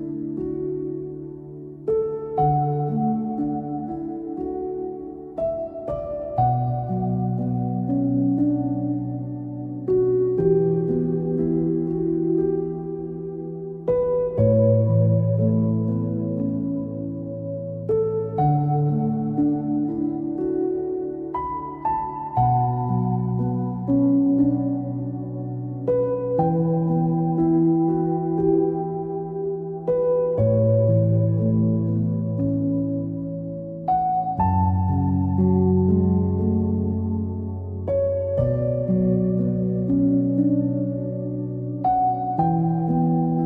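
Calm piano plays slow, sustained chords in the low and middle range, with a new chord or short phrase arriving about every four seconds. Notes ring out and overlap softly at an even, unhurried pace, with no other sounds behind them.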